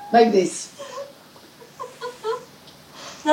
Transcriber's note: Much Laughter